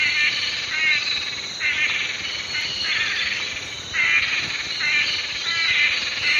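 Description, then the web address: Blue-backed manakin lek display song: harsh, buzzy nasal phrases about a second long, repeated with brief pauses, over a steady background hiss. Lek display songs; eastern lowlands of South America. "Nature Songs S America Eastern Lowlands. Chiroxiphia pareola, lek display songs"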